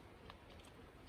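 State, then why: Seated. A second short plastic extender bar is pushed into the jet capsule socket on the other side of a window cleaning brush. A single short click is heard at 0.3 s over a low, steady background hiss. The bar seats and locks firmly into place.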